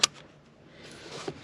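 On a 2015-2020 Ford F-150 EcoBoost, the plastic quick-connect fitting of the crankcase vent (PCV) hose is wiggled onto the T fitting of a UPR oil catch can. It gives one sharp, bright click at 0.0 s, and the fitting is seated. Quiet handling noise follows, with a softer knock near 1.3 s.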